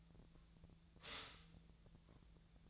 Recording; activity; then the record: daily activity, microphone in the room; stop toaster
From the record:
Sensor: 3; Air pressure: 1009.3 hPa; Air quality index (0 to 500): 198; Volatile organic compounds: 17 ppm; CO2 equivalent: 2565 ppm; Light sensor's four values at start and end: 26/65/27/28 and 30/75/31/33